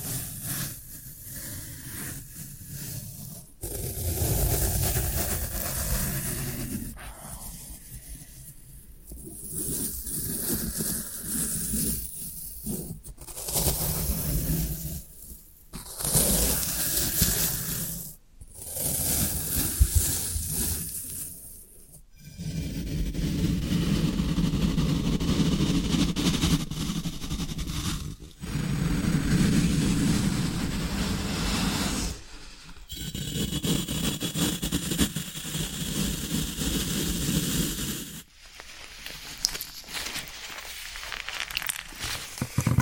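Floral foam being handled: pressed, scraped and crumbled in bursts that come and go. Each burst is a dense, gritty crunch of low thuds and hiss, and the longest, most sustained stretches run from about 22 to 38 seconds, broken by brief silences.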